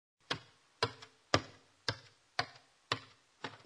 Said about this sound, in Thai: นี่เป็นเสียงคนเดินขึ้นบันไดครับคำเรียนเสียงนี้คือ ตมตม